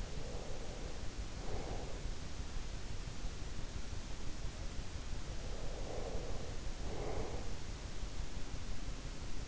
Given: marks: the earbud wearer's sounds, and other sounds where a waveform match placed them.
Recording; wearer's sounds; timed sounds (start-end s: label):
sounds in sleep by an in-ear microphone; breath
0.00-2.16 s: breath
5.37-7.60 s: breath